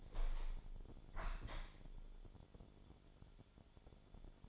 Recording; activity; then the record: daily activity, microphone in the room; open window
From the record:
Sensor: 5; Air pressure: 1015.0 hPa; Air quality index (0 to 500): 99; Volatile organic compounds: 2 ppm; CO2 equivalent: 1066 ppm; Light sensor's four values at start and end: 35/80/32/31 and 35/80/32/31